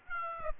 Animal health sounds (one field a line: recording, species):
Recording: mosquito wingbeat signal from an infrared sensor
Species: Aedes aegypti